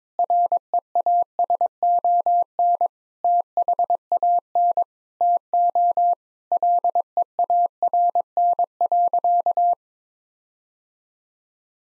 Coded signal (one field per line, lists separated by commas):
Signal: Morse code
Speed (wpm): 21 wpm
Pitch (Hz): 700 Hz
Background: none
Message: REASON THAN TO LEARN.